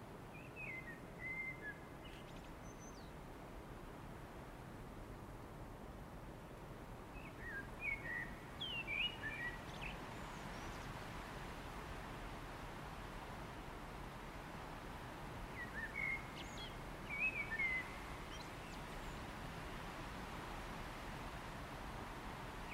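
A steady low wind roar fills a windy spring day from start to finish. Short bright bird calls break through in small bursts near the start, around seconds 8 to 10, and again around 16 to 18, with the wind holding constant underneath.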